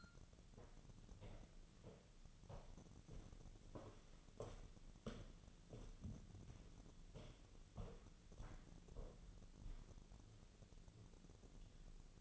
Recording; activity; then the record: daily activity, microphone in the room; walk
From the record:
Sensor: 4